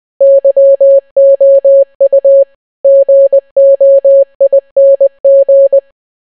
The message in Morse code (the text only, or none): YOU GOING